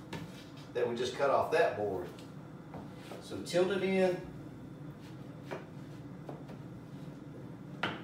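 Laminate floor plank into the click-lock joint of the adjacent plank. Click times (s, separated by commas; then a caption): 7.8 s. Someone talks while a freshly cut laminate floor plank is tilted into the click-lock joint of the plank in the previous row and pressed down. A sharp pop at 7.8 s marks the joint engaging, and the plank is seated.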